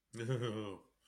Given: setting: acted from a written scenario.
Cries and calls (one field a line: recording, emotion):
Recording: vocal sound without words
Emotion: embarrassment